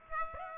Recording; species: mosquito wingbeat signal from an infrared sensor; Aedes aegypti